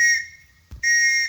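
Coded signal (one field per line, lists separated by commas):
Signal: whistle signal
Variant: British Army field whistle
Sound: shrill whistle blast, a brief pause with a soft thump, then a second longer blast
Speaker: the final type was the alarm signal this was a series of long and short blasts and was used in a variety of situations usually when under attack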